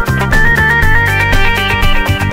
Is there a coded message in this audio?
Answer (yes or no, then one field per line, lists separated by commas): no